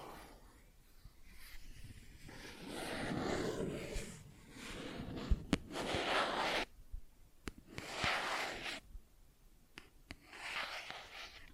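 Plastic objects being scratched and rubbed in uneven bursts of hissy, rustling noise, each lasting a second or two with short quiet gaps between. A few sharp, isolated taps cut through, near five and a half, seven and a half, and ten seconds.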